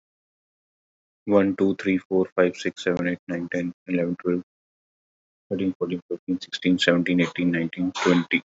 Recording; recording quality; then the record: counting at a normal pace; excellent, no background noise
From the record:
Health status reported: COVID-19 positive, mild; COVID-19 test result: positive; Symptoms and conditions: cough, fatigue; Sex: male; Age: 35 years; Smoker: not ticked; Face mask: not worn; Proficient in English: yes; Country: India